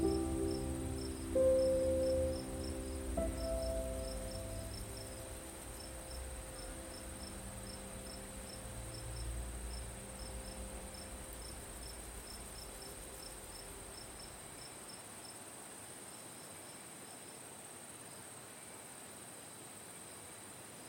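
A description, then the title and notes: Crickets chirp in a steady, regular pulse over a thin high hiss for the whole stretch. Soft piano notes ring out in the opening seconds, with a couple of brighter notes near two and three seconds, then slowly fade, leaving only the crickets by the end. Night Nature Sounds - Soft Crickets, Beautiful Piano.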